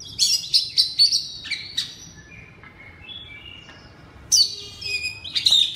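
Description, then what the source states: Oriental magpie-robin song with rapid loud whistled and scratchy notes, a softer drawn-out middle passage, then another bright burst of high whistles at the end. Indonesian name kacer; loud song in the style called ngeplong.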